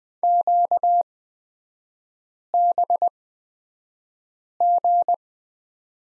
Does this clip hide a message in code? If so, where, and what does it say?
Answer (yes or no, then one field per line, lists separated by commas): yes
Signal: Morse code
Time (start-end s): 0.2-5.1 s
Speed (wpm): 20 wpm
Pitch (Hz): 700 Hz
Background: none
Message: QBG